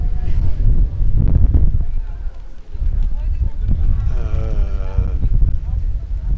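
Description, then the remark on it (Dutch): Low, rumbling gusts of wind buffet the microphone outdoors, a steady roar with surging bursts, while some tonal sounds rise briefly in the middle. “Maar het is een beetje moeilijk om een windstil plekje te vinden.”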